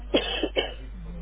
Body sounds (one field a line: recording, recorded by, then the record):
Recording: voluntary cough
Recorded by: telephone call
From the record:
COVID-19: positive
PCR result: checked with the laboratory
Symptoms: no